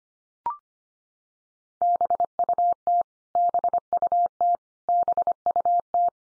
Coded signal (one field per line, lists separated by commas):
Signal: Morse code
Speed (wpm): 25 wpm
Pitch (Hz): 700 Hz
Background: none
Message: BUT BUT BUT